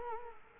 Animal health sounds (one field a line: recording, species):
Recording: mosquito wingbeat signal from an infrared sensor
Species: Culex quinquefasciatus